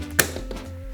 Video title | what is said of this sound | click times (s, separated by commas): Alpha One Speakers install in BMW M6 | handle is flat all the way against the door angle it down snap | 0.2 s